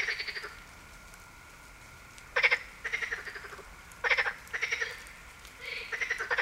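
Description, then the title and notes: Marsh frog croaking in several short bursts of rapid rattling pulses, irregularly spaced with quiet pauses between. Heviz, Hungary. "Heviz, Grenouille rieuse. Hungary, Heviz, frog"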